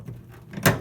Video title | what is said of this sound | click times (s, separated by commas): Replacing Hydraulic Hood Supports Lifts on the 1983 Buick Electra | snap into place | 0.7 s